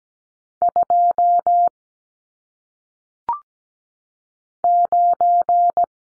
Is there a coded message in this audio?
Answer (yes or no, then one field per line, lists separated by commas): yes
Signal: Morse code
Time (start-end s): 0.6-5.8 s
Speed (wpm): 17 wpm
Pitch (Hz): 700 Hz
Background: none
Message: 2 9